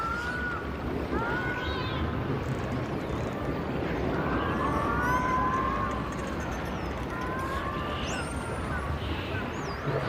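Dolphins whistle over a thick, steady underwater rumble and hiss. Wavering mid-pitched whistles come near the start, around four to six seconds, and again near eight seconds, with a few quick, high upward sweeps toward the end.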